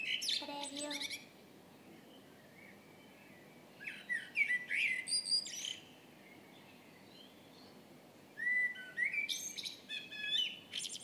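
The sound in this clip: Blackbird song: varied phrases of fluting whistles ending in high squeaky twitters, delivered in three bursts separated by pauses of a few seconds.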